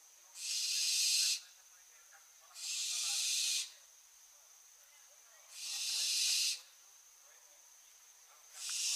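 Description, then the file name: Barn owl giving long, harsh hissing screeches, each about a second long, repeated every two to three seconds over a faint steady high whine. "Schleiereule - Tyto alba"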